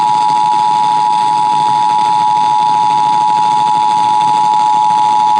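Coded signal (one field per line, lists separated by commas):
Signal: Emergency Alert System (SAME) tones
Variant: 853 and 960 Hz attention tone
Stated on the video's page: Required monthly tests received from Pennsylvania FM radio stations, an FM translator, and a TV subchannel, including an EASyCAST and SAGE relay.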